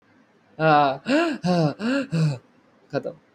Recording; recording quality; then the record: deep breathing; excellent, no background noise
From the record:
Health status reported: healthy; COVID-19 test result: not tested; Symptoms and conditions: cough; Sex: male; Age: 20 years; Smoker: not ticked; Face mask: not worn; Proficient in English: yes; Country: India